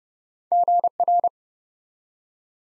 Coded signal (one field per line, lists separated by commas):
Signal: Morse code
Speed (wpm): 30 wpm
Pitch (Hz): 700 Hz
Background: none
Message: GR